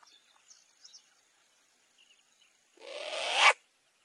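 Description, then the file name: Short-eared owl with one long hissing rasp that grows louder and cuts off sharply, preceded by a few faint high notes. "Canto da Coruja do nabal"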